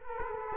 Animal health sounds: mosquito wingbeat signal from an infrared sensor; Culex quinquefasciatus

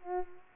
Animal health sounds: mosquito wingbeat signal from an infrared sensor; Culex pipiens

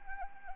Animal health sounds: mosquito wingbeat signal from an infrared sensor; Anopheles arabiensis

